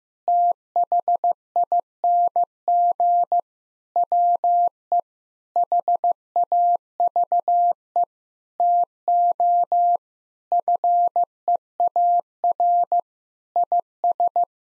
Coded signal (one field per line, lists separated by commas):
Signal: Morse code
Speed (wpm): 15 wpm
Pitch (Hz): 700 Hz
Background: none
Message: THING WE HAVE TO FEAR IS